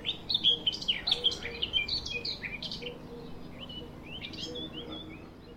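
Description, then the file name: Eurasian blackcap song: an energetic scratchy warble at first, fading into sparser soft notes over faint background noise. "Sylvia atricapilla"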